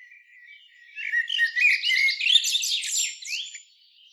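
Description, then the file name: Common blackbird with a brief, fast burst of thin, scratchy twittering notes that rises quickly in loudness and then drops away. "Turdus merula"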